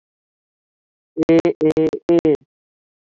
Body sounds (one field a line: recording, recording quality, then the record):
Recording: sustained vowel as in made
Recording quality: moderate, slight background noise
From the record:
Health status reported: COVID-19 positive, mild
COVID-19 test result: positive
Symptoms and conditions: cough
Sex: male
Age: 30 years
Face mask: not worn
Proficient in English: yes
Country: India